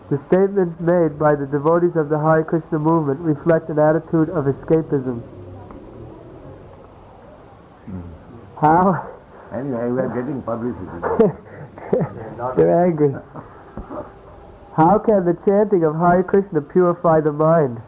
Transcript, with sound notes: The statements made by the devotees of the Hare Kṛṣṇa movement reflect an attitude of escapism."
Hmm. Anyway, we are getting publicity.
[laughs] They're angry. "How can the chanting of Hare Kṛṣṇa purify the mind?